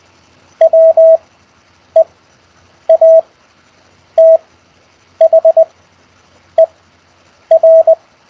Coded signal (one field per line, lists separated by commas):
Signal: Morse code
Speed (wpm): 20 wpm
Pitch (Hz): 650 Hz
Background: none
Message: WEATHER